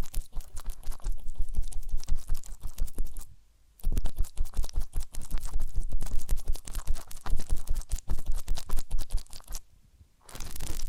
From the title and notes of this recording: ASMR Relaxing Massage, Ear Cleaning and Spa Making You Sleep Instantly (No Talking).